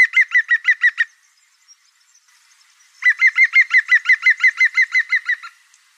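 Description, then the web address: European green woodpecker: the end of one laughing series, a pause, then a full run of about fifteen ringing notes at a steady pace. "Oiseaux Pic Vert"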